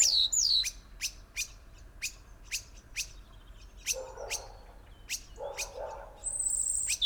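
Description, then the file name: European robin giving repeated sharp ticks, with a few high whistles at the start and end and two low rough noises in the middle. "Erithacus rubecula"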